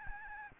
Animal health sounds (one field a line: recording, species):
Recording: mosquito wingbeat signal from an infrared sensor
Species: Aedes albopictus